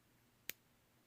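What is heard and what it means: The glide-lock extension on the metal bracelet clasp of an Invicta Pro Diver 8928OB watch is slid into a setting and clicks into place at 0.5 s. The click is a single sharp, very brief snap, mostly bright and high-pitched, standing out clearly against a quiet background. The extension is seated.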